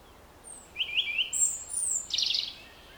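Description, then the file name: European robin delivering a short warbled phrase: a low twittering start, a thin high whistle, then a dense rushing burst of notes, over light background noise. "Erithacus rubecula"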